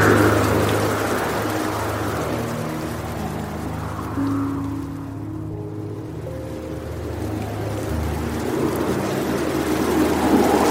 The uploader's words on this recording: Immerse yourself in the dreamy mixes of Relaxing Piano Music and the gentle flow of a Soft Water Stream. The rising and falling sounds of a Waterfall.